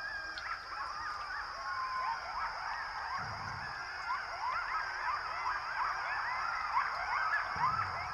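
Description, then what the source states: Coyote chorus of rapid yips and short rising howls overlapping in a busy group, with a constant high-pitched hiss in the background. Coyotes heard in the distance at Pipestone Canyon, eastern Washington; sound wave passing through the canyon.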